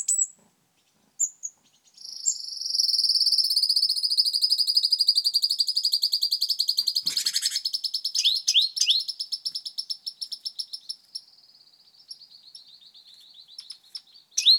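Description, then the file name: Great tit rattling call, a long fast pulsed note held steady for several seconds, then breaking into shorter rising buzzy notes. "Parus major"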